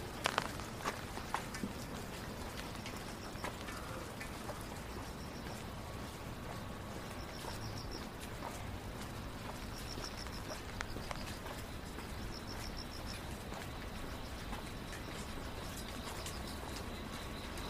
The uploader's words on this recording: Going For A Walk Downtown on A Rainy Night. Hear the cars, the murmurs of people and the light rain.